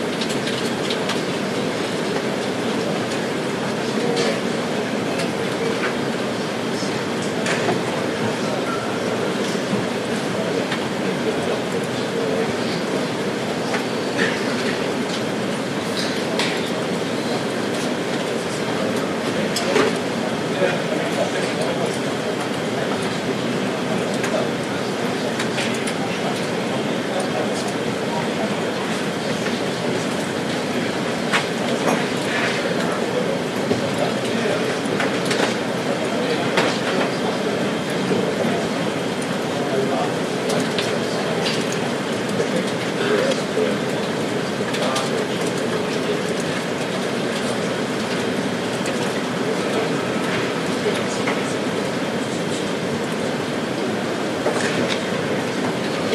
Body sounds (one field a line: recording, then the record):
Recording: background sound without coughing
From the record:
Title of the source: Office Sounds Ambience - Background Noise for Study and Work